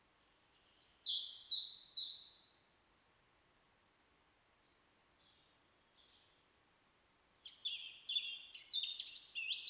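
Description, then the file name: European robin song in two bursts: a high warbled phrase at the start, a long pause with faint soft notes, then another rapid, tinkling twittered phrase near the end. "Erithacus rubecula"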